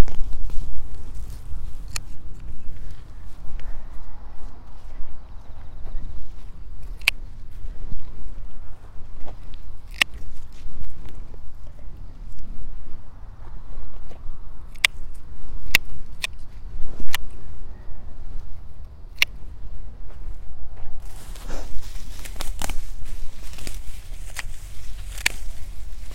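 Weeding a carrot bed with a hoe and scissors, over a steady low rumble. Sharp clicks and snips land every few seconds, with soft scraping and rustling between them. From about 21 seconds a brighter, busier rustle takes over, packed with quick clicks.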